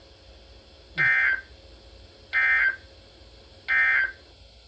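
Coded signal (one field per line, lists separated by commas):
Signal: Emergency Alert System (SAME) tones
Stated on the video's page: Quadruple SAME header, a tornado warning and three severe thunderstorm warnings, from a Columbus, Ohio weather radio station.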